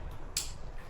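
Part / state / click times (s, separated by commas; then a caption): LED light wiring harness plug into motorcycle factory connector / seated / 0.4 s. After being turned the right way round, an LED light wiring harness plug is pushed into a motorcycle's factory wiring connector. It latches with a small, sharp click at 0.4 s, followed by a faint tick near 0.9 s against low background noise. The plug is now seated and attached.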